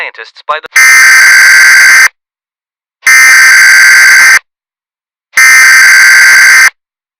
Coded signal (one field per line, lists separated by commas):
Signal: Emergency Alert System (SAME) tones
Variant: header bursts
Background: speech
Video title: EAS Scenarios - January